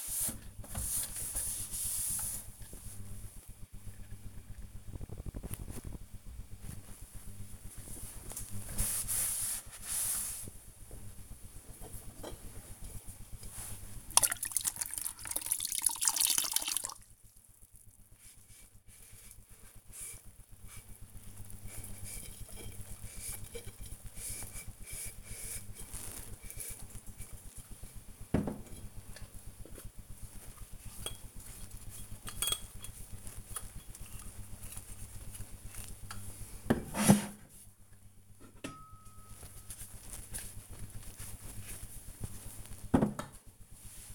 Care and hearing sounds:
household activities, microphone on the right wrist
0.00-36.03 s: cleaning the cupboard
39.06-44.15 s: cleaning the cupboard

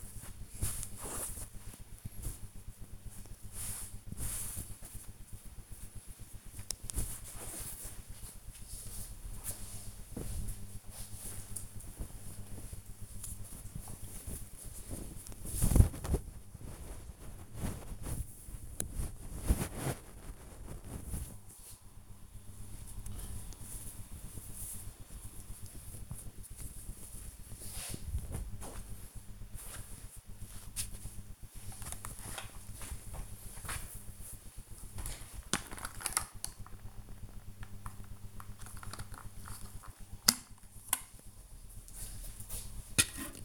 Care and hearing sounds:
household activities, microphone on the right wrist
0.00-11.86 s: ironing laundry

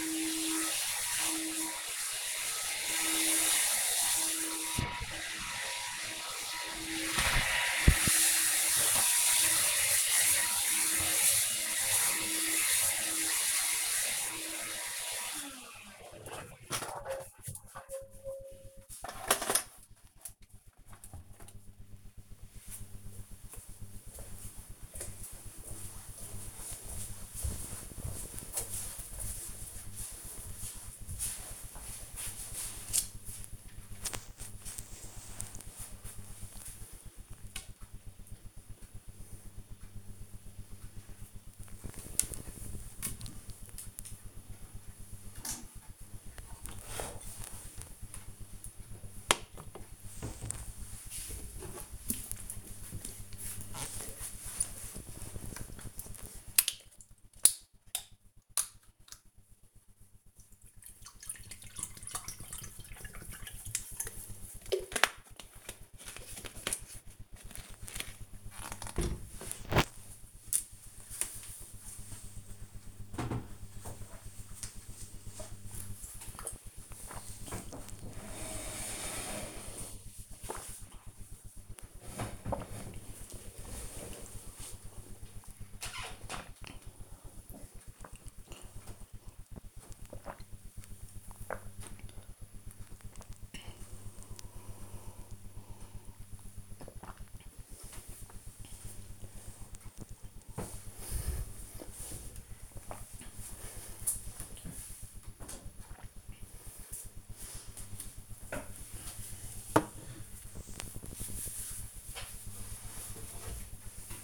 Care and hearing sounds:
household activities, microphone on the right wrist
0.00-15.29 s: vacuum cleaning
68.62-104.88 s: drinking

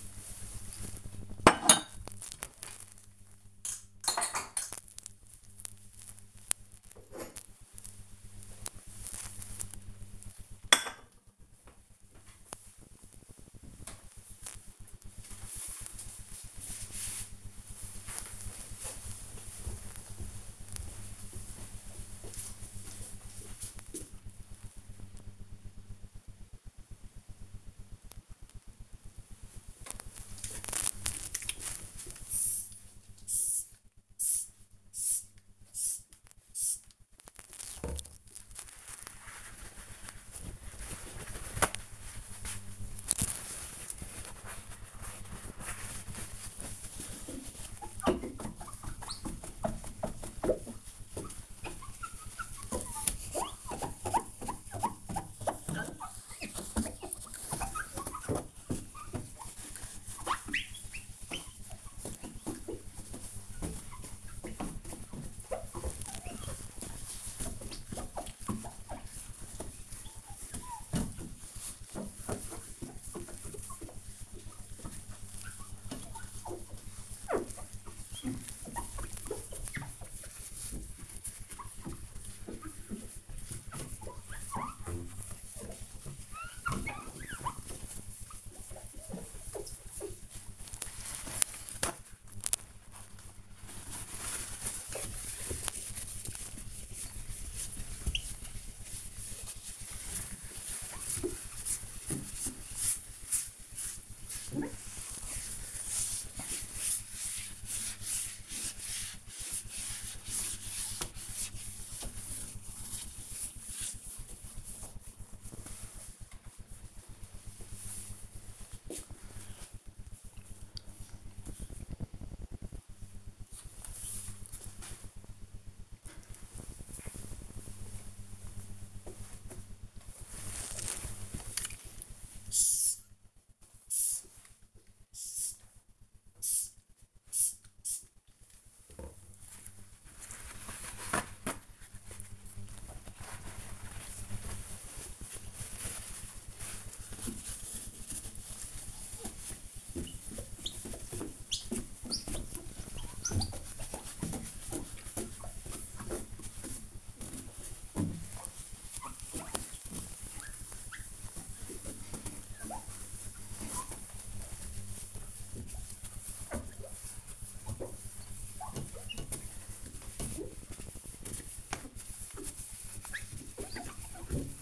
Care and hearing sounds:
household activities, microphone on the right wrist
0.00-13.62 s: putting away the dishes
29.68-116.17 s: window cleaning
129.25-174.61 s: window cleaning

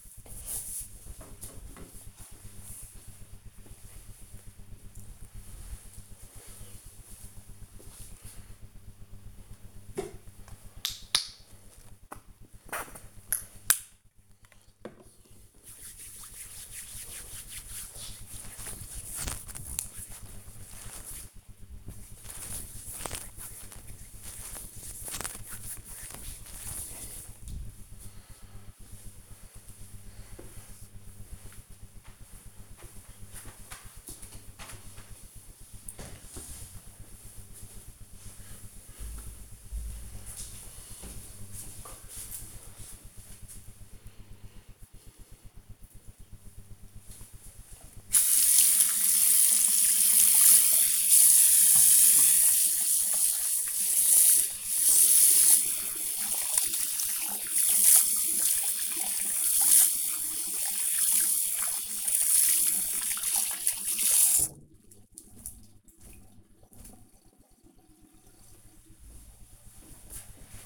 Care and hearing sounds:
household activities, microphone on the right wrist
9.52-26.68 s: disinfecting hands
46.82-68.00 s: washing hands

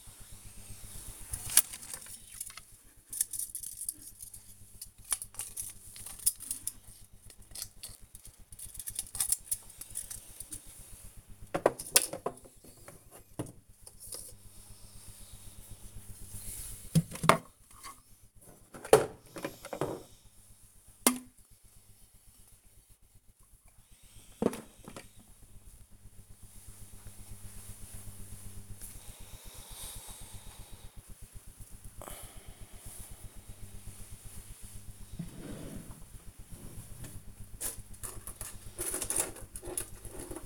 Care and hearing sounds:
household activities, microphone on the right wrist
0.00-40.46 s: tidy up the cupboard

